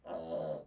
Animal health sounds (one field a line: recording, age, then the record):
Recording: pig call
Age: piglet (1 to 25 days)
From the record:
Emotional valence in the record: negative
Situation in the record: restrain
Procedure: back test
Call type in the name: low-frequency call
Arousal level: low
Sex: female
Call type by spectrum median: low-frequency call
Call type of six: low-frequency stable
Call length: 0.67 s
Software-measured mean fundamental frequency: 49 Hz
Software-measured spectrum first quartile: 497 Hz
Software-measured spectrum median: 623 Hz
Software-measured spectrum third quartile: 1107 Hz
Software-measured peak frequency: 588 Hz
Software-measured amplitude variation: 153 dB a second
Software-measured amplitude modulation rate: 18.8 a second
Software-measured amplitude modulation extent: 8.2 dB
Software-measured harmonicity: 4.4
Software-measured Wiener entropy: -0.87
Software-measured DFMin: 1741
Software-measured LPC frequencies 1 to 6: 589, 3000, 4101, 5953, 6564, 7230 Hz